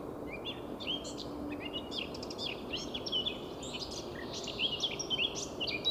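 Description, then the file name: Eurasian blackcap song, a busy stream of sharp chirps and short whistled slurs that rises in strength near the end, with a soft hiss behind. "Sylvia atricapilla"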